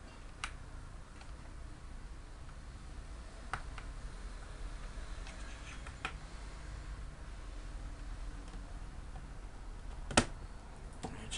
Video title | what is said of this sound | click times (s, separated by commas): Hp envy sleekbook ssd and 8gb ram upgrade | hear it click as you work work your way across on it | 0.4 s, 3.5 s, 6.0 s, 10.2 s